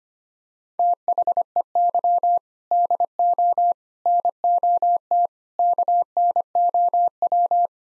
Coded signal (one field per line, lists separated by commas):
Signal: Morse code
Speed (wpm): 25 wpm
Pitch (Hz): 700 Hz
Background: none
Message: THEY DO NOT KNOW